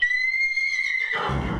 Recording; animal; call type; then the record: contact call of a hoofed animal; horse; whinny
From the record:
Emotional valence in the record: negative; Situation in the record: group separation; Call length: 1.61 s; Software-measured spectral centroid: 2040 Hz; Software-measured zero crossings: 3540 a second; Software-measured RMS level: -24 dBFS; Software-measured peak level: -12 dBFS